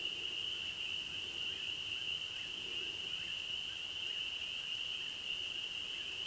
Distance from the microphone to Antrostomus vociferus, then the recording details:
about 15 m. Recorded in a Pennsylvania forest on 31 May 2023 at 21:28. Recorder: AudioMoth, point grid3_5_high. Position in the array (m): -9 m, 91 m